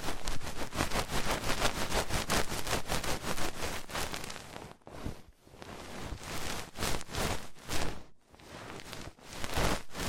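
Ear cleaning sounds with rhinestone and clay removal: dense, rapid scratchy rustling and crackling runs almost without pause, bright and textured. Around five and eight seconds the sound briefly drops out, then the close crinkly scraping resumes in uneven bursts.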